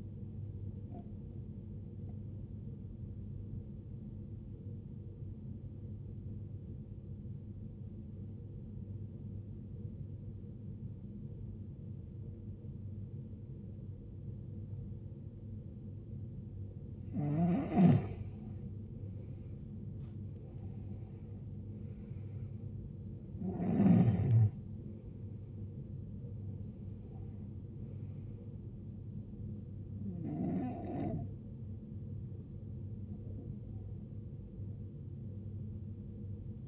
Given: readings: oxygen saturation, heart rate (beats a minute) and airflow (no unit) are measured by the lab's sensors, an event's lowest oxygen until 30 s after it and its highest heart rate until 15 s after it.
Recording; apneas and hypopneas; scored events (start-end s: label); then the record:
breathing in sleep by a smartphone at the bedside; 1
4.00-19.00 s: obstructive apnea (N1, oxygen 94% highest, then 90% lowest, heart rate 72 at the start, 79 highest)
From the record:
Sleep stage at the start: N1 (lightest sleep); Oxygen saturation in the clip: 88 to 94%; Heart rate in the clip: 65 to 79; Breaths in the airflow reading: 5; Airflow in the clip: -14.9 to 19.0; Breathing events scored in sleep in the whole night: 389 in 6.3 hours asleep